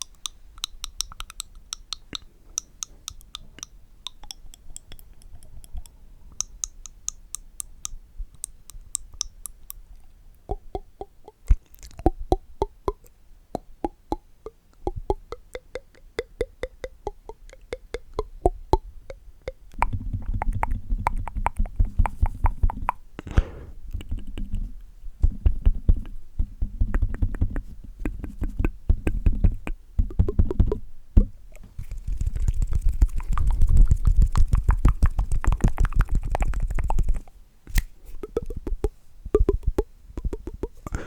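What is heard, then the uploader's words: Dry mouth sounds: rapid clicks, smacks and pops in quick bursts, dense and crisp. The first half is sparser with quieter gaps; from about twenty seconds a low, steady rumble sits beneath busier clicking, with brief pauses near 32 and 37 seconds. Dry Mouth Sounds + Hand Visuals (INSTANT TINGLES).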